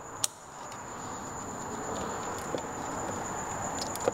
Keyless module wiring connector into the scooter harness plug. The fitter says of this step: locate the connector listen for the click